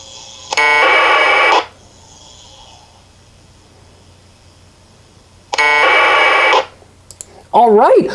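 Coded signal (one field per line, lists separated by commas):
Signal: packet radio (AX.25, as in APRS)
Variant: 1200 baud AFSK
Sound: two harsh one-second warbling data bursts, a pause between, then a man starts talking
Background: speech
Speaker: there we go now we're playing it back all right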